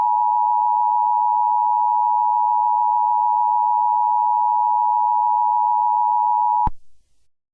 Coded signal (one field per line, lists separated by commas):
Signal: Emergency Alert System (SAME) tones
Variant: 853 and 960 Hz attention tone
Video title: EAS Scenario #1: Lost Boy